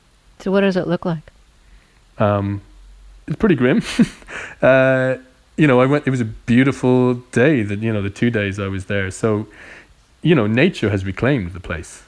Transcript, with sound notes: So what does it look like?
It's pretty grim (laughter). You know, I went - it was a beautiful day, you know, the two days I was there. So - you know, nature has reclaimed the place.